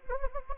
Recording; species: mosquito wingbeat signal from an infrared sensor; Anopheles gambiae